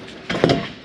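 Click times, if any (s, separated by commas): 0.4 s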